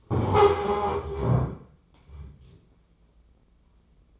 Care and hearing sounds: daily activity, microphone in the room; stand up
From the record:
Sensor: 1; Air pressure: 996.0 hPa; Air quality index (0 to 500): 236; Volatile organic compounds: 1000 ppm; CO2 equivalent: 6886 ppm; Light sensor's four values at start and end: 35/87/37/45 and 34/83/36/43

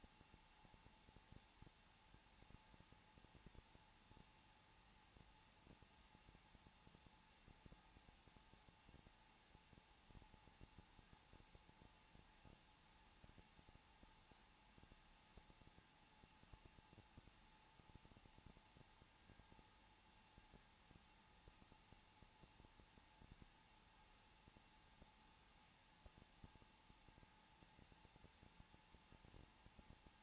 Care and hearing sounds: daily activity, microphone in the room; no activity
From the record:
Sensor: 1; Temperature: 20.2 degrees Celsius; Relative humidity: 35.7%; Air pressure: 994.5 hPa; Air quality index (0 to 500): 182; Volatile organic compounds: 7 ppm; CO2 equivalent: 2000 ppm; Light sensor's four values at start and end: 1/2/1/1 and 1/2/1/1

